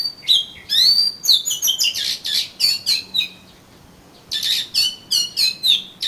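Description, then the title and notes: Oriental magpie-robin song: loud, varied whistled and buzzy phrases in quick bursts, some sweeping upward, with a short pause before another rich run of notes. "suara kacer. kumpulan suara burung kacer"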